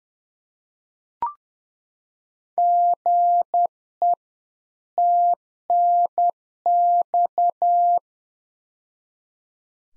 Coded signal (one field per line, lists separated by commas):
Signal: Morse code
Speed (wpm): 10 wpm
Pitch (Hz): 700 Hz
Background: none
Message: GE TNX